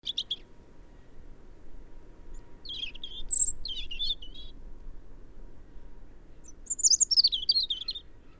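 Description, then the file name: European robin song: short bursts of high, thin warbling and trilled notes separated by pauses, the last phrase a fast tumbling twitter, with low steady background hum. "Erithacus rubecula"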